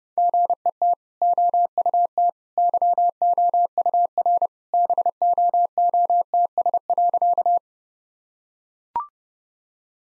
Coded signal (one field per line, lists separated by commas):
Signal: Morse code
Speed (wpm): 30 wpm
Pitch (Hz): 700 Hz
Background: none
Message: GET OUT YOUR BOOTS.